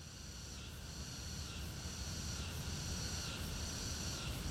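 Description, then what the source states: Crickets trill in a high band that pulses at a regular beat, growing slightly louder throughout, above a low background rumble. Crickets in the Old Summer Palace, in summer.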